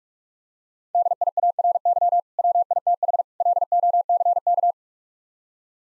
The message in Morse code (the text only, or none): DIARY WITH LOCK